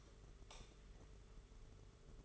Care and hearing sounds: daily activity, microphone in the room; light off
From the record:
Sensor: 4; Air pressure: 991.8 hPa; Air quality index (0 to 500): 97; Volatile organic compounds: 11 ppm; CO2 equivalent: 2264 ppm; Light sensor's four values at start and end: 9/25/9/11 and 7/16/6/6

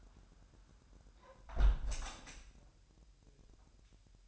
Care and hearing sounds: daily activity, microphone in the room; close window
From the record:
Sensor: 2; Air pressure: 1000.2 hPa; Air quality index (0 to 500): 242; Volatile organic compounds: 82 ppm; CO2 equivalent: 3626 ppm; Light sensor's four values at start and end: 9/21/8/8 and 8/20/8/8

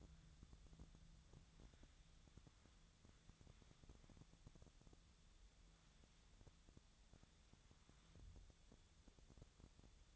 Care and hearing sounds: daily activity, microphone in the room; wipe stove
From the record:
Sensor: 3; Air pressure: 1004.8 hPa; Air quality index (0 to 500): 76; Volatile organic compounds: 2 ppm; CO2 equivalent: 1148 ppm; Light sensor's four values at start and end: 8/19/7/7 and 8/19/7/7

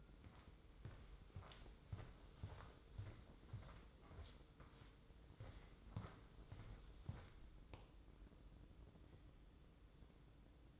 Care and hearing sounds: daily activity, microphone in the room; walk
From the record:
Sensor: 3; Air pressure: 995.9 hPa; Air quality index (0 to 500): 248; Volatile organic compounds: 1000 ppm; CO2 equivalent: 6349 ppm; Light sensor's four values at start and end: 42/103/45/48 and 55/120/57/64

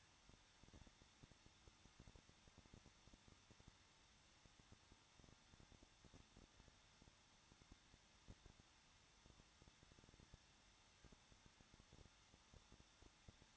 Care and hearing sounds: daily activity, microphone in the room; no activity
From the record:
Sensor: 3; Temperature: 21.2 degrees Celsius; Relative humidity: 36.4%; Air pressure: 1006.3 hPa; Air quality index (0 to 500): 223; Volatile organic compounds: 44 ppm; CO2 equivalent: 3206 ppm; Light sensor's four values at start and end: 2/3/2/2 and 2/3/2/2

